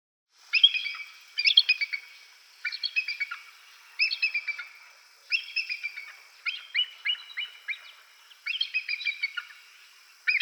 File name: Golosa ptic - Belogolovyj orlan Haliaeetus leucocephalus